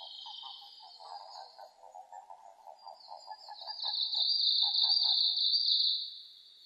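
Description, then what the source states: Japanese common toad call: a low, pulsed trill of rapid notes for several seconds, then short bursts, with a high-pitched buzz throughout that grows louder in the second half. Recorded 5 June 2005.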